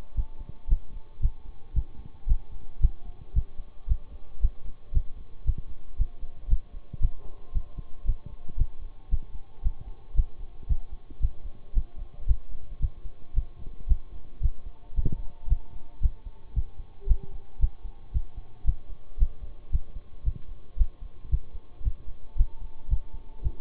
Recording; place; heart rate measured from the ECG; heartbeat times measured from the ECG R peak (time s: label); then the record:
heart sounds by stethoscope; between the tricuspid and mitral areas; 113 bpm
0.15 s: heartbeat
0.68 s: heartbeat
1.20 s: heartbeat
1.74 s: heartbeat
2.27 s: heartbeat
2.80 s: heartbeat
3.34 s: heartbeat
3.87 s: heartbeat
4.40 s: heartbeat
4.92 s: heartbeat
5.45 s: heartbeat
5.97 s: heartbeat
6.48 s: heartbeat
7.00 s: heartbeat
7.52 s: heartbeat
8.05 s: heartbeat
8.56 s: heartbeat
9.09 s: heartbeat
9.62 s: heartbeat
10.15 s: heartbeat
10.67 s: heartbeat
11.20 s: heartbeat
11.73 s: heartbeat
12.26 s: heartbeat
12.80 s: heartbeat
13.34 s: heartbeat
13.87 s: heartbeat
14.41 s: heartbeat
14.94 s: heartbeat
15.48 s: heartbeat
16.01 s: heartbeat
16.54 s: heartbeat
17.07 s: heartbeat
17.59 s: heartbeat
18.12 s: heartbeat
18.65 s: heartbeat
19.18 s: heartbeat
19.71 s: heartbeat
20.23 s: heartbeat
20.77 s: heartbeat
21.30 s: heartbeat
21.83 s: heartbeat
22.36 s: heartbeat
22.89 s: heartbeat
23.42 s: heartbeat
From the record:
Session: bicycle stress test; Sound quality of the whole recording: good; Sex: male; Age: 26 years